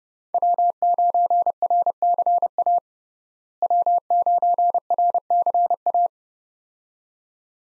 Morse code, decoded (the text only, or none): W9RCA W9RCA